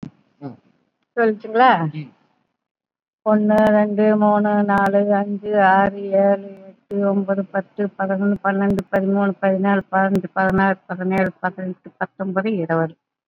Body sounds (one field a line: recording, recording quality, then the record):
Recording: counting at a fast pace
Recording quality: excellent, no background noise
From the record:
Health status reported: COVID-19 positive, mild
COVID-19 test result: positive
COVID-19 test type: RT-PCR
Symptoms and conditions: hypertension, diabetes, another condition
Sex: female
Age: 75 years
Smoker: no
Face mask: worn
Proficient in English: no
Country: India